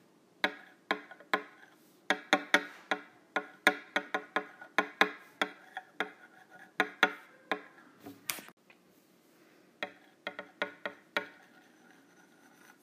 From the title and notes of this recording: ASMR Using Metal Straws.